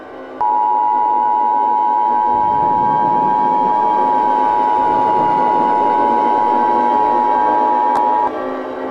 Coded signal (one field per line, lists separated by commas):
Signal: Emergency Alert System (SAME) tones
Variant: 853 and 960 Hz attention tone